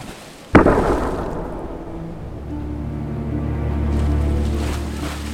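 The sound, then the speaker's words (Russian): Stormy sea waves roar in a steady, low, churning rumble at night, broken near the start by one sudden loud cannon shot that fades back into the surging water. “Пушечный выстрел прогремел в ночи, заглушив на мгновение шум бушующей воды.”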